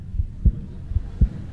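Deep, thudding paired heart sounds, a softer thump followed by a louder one, at a steady rate. They are picked up in open air without a stethoscope, an abnormally forceful heartbeat audible at a distance from the chest.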